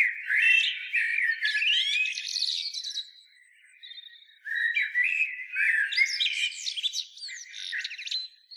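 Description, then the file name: Eurasian blackbird singing, varied warbled phrases mixing mellow whistles and high squeaky twitters, with a quiet pause near the middle. "Turdus merula"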